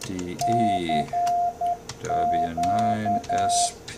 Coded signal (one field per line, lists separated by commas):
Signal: Morse code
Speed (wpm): 10 wpm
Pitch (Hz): 700 Hz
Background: speech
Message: CQ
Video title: Mail Bag Monday: MFJ-464 CW Keyer Reader